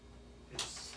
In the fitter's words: right in you're always going to have that kind of snap